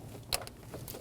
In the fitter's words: Install the connector, push until you hear a click.